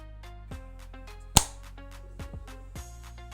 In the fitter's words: It's held closed with some magnets which have decent strength and provides a satisfying click.